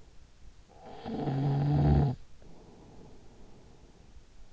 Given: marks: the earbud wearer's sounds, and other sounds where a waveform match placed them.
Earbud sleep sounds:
sounds in sleep by an in-ear microphone; snoring breath
0.36-4.53 s: snoring breath

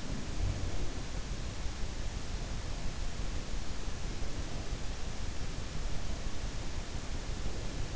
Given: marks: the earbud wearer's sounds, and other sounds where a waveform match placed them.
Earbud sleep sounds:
sounds in sleep by an in-ear microphone; breath
0.13-1.03 s: breath

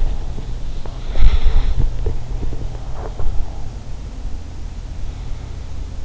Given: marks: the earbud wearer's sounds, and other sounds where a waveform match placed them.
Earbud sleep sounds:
sounds in sleep by an in-ear microphone; breath
1.03-3.53 s: breath

